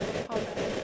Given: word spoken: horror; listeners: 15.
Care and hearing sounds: one English word in noise, from a listening test; noise modulated by three-talker babble; -6.5 dB; 0 of 15; 7 of 15; 0.44 s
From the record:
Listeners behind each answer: 7, 3, 1, 1, 1, 1, 1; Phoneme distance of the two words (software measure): 20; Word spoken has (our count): 2 syllables, 4 phonemes, stress on syllable 1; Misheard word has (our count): 2 syllables, 4 phonemes, stress on syllable 1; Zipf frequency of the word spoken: 4.16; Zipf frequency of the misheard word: 2.81

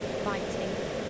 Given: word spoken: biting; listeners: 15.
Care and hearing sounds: one English word in noise, from a listening test; speech-shaped noise; -4.8 dB; 3 of 15; 12 of 15; 0.69 s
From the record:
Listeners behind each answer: 12, 3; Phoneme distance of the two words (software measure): 10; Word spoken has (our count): 2 syllables, 5 phonemes, stress on syllable 1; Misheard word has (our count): 2 syllables, 5 phonemes, stress on syllable 1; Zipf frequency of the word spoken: 3.84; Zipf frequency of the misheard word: 4.87

